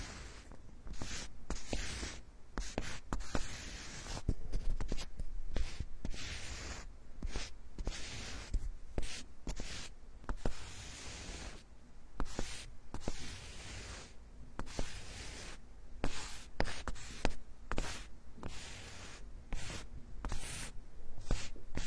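Close, dry wooden scratching and rubbing in a small room, short rough strokes repeating irregularly and densely throughout with brief pauses between.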